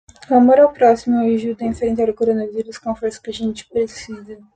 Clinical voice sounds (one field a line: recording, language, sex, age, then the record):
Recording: spoken sentence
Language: Brazilian Portuguese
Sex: female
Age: 20 to 29 years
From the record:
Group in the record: control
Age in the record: 27 years